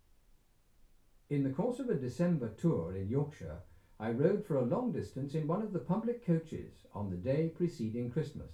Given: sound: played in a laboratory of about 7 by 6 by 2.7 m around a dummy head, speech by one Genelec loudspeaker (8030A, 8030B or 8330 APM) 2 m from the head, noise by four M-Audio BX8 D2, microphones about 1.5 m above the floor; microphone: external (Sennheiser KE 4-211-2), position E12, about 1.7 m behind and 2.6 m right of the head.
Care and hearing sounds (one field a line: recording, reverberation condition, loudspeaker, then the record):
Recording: male speech in English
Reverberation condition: low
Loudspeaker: 120 degrees to the right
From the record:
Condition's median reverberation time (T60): about 310 ms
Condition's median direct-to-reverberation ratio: about 3.5 dB